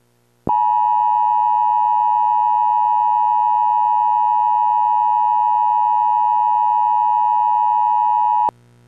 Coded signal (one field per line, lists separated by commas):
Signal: Emergency Alert System (SAME) tones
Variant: 853 and 960 Hz attention tone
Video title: EAS severe t'storm warning for arkansas county